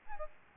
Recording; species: mosquito wingbeat signal from an infrared sensor; Aedes albopictus